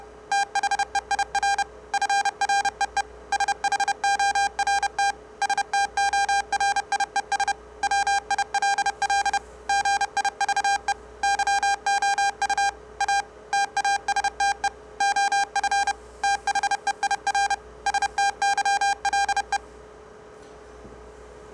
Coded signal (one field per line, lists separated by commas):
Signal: Morse code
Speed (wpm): 31 wpm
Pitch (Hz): 800 Hz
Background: none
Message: THEIR FREE SHORT STORIES WILL GIVE YOU A TASTE OF THEIR STYLE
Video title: COPYING MORSE CODE With Various Waveforms - Experiment